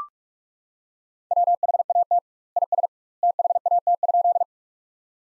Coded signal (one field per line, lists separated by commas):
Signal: Morse code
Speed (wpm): 44 wpm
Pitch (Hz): 700 Hz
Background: none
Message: WHAT IS THAT?